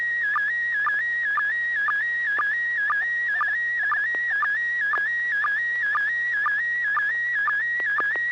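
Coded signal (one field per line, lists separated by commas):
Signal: SSTV (slow-scan television)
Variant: PD120 mode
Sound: warbling tone near 2 kHz with short low blips twice a second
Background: low hum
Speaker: decided to do a radio picture tonight instead of a car picture.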